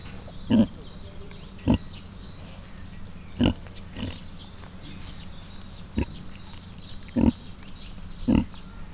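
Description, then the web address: Mangalica piglets with clipped, coarse grunts every second or so, seven in all, a faint low hum running underneath. Five cat-sized suckling Mangalica piglets, kept in a zoo in Miskolc, recorded in 2018. "mangalica otmacskanagysaguszoposmalac"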